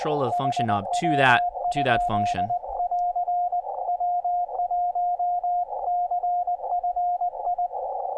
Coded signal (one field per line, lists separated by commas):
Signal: Morse code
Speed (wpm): 20 wpm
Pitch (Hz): 710 Hz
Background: speech, radio noise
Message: HW?<AR>W1CFI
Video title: First Look at Yaesu FTdx-10 Ham Radio - Livestream